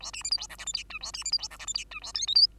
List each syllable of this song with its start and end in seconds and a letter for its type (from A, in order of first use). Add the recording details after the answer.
0.00-0.11 A, 0.13-0.23 B, 0.24-0.30 C, 0.31-0.37 D, 0.37-0.47 E, 0.49-0.57 F, 0.58-0.65 G, 0.66-0.73 H, 0.73-0.83 I, 0.90-0.99 J, 1.01-1.12 A, 1.13-1.24 B, 1.25-1.31 C, 1.32-1.38 D, 1.38-1.48 E, 1.50-1.58 F, 1.59-1.66 G, 1.66-1.74 H, 1.74-1.84 I, 1.91-2.00 J, 2.01-2.12 A, 2.14-2.27 K, 2.27-2.35 L, 2.35-2.47 M. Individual Bird2